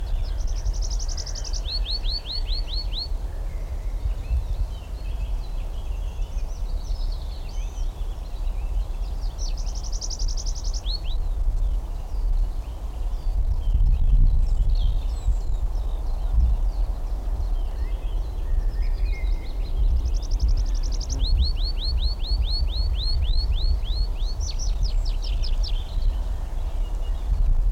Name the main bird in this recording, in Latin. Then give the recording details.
Anthus trivialis. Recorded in the wild. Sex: male. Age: adult. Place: Blankenfelde, Tegeler Fließ, Berlin, DE. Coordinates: 52.64, 13.39. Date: 1994-04-23 12:27. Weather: heiter 16-19°C. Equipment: Marantz CP 430, Sennheiser ME 80, Kopie Uher Variocord 263. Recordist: Tembrock, Günter